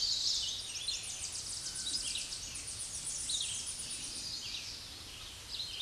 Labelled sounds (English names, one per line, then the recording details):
Red-eyed Vireo song
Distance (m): 30 m
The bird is about 20 m above the microphone
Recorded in a Pennsylvania forest on 16 May 2024 at 06:46
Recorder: AudioMoth, point MSD-2110
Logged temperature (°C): 16.4 °C
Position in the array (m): 53 m, 163 m